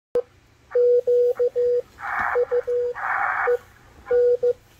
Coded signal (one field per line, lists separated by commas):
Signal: Morse code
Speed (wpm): 14 wpm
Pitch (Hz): 490 Hz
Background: radio noise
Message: EQUEN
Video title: W1AW CW BULLETIN DECODE - MACHILITE DSP SDR RECEIVER 10-14-2021